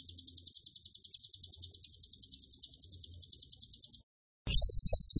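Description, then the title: Bird keeps up a soft, rapid run of high, thin notes for four seconds, then a short silence and a louder burst of sharp chirps. Masteran (training) recording of a bird singing vigorously (gacor) in the tembakan style. "Masteran Burung Tembakan Gacor"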